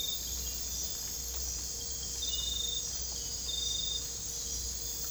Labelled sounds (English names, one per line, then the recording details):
none
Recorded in dense forest near Puerto Asís, Putumayo, Colombia, on 22 December 2024 at 01:30
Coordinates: 0.486, -76.317
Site G003